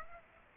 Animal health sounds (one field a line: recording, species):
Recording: mosquito wingbeat signal from an infrared sensor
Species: Aedes aegypti